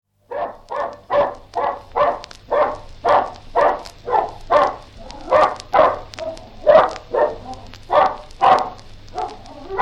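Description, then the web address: Bulldog barking: gruff barks repeated about twice a second, with a faint low hum underneath. "BBC Bulldog"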